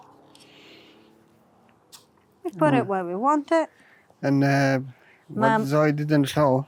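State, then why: Seated. A plastic garden hose quick connector is pushed onto the plastic inlet fitting of a Parkside 360 water sprinkler and clicks into place at 0.4 seconds with a short, sharp snap. Quiet handling noise follows, then someone talks.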